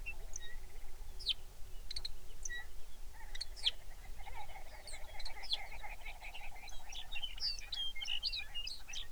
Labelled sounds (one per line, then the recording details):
songbird
grouse or ptarmigan
shorebird
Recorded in the Arctic National Wildlife Refuge, Alaska, on 23 May 2019 at 05:07
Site 49